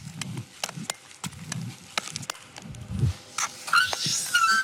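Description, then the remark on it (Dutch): Speed skater Jan Smeekens skating on a newer type of Viking blades, scraping across ice in a steady rhythm, each stroke a low grinding swoosh with sharp clicking blade contacts, ending in brighter, hissing scrapes. No voices. “Dat waren de schaatsen van Jan Smeekens.”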